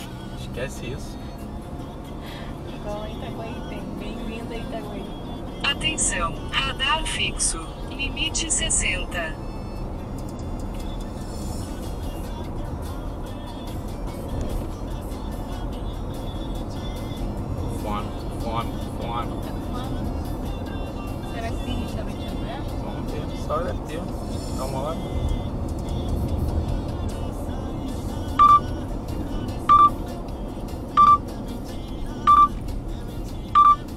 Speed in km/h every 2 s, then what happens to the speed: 28, 35, 41, 47, 50, 52, 52, 53, 54, 54, 53, 54, 54, 54, 52, 43, 34.
0-7 speeds up to 50. 7-27 steady at about 53. 27-34 slows to 34.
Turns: none.